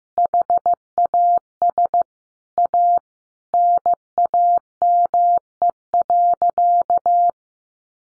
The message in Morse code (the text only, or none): HAS A NAME.